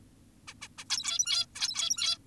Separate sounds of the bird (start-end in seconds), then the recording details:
0.48-0.54, 0.62-0.68, 0.78-0.84, 0.90-1.46, 1.55-2.18. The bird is an adult. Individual g17y2U